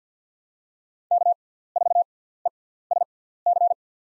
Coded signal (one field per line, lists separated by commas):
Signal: Morse code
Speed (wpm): 50 wpm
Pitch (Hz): 700 Hz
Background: none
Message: K4ESC